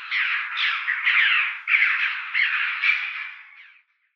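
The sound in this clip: Red-billed chough giving a short burst of rapid, rasping calls that run together and fade out after about four seconds.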